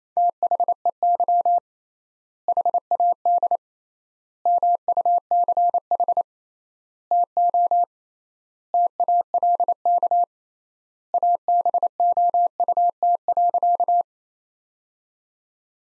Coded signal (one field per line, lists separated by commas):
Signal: Morse code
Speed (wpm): 27 wpm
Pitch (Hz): 700 Hz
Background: none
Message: THEY HAD MUCH TO TALK ABOUT.